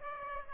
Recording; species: mosquito wingbeat signal from an infrared sensor; Aedes aegypti